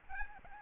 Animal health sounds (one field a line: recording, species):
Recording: mosquito wingbeat signal from an infrared sensor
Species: Aedes albopictus